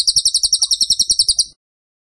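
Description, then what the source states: Bird trilling: a rapid, high, buzzy series of evenly spaced notes, running steadily for a second and a half before stopping. Masteran (song-training) recording of a bird described as gacor (singing vigorously) with tembakan (rapid bursts) style.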